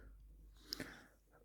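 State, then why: Seated. A plastic turbine on a knock-off Transformers Combiner Wars Powerglide figure, previously treated with WD-40, is slid down along the folded wings during transformation. After a soft sliding sound, a sharp click at 0.7 s marks the turbine seating into position.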